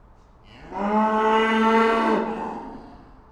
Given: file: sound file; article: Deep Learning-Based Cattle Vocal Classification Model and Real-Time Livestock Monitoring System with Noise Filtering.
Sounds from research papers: cattle; estrus call

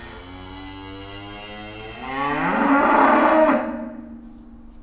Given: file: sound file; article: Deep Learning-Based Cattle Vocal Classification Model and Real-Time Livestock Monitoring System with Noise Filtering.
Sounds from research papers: cattle; food anticipating call

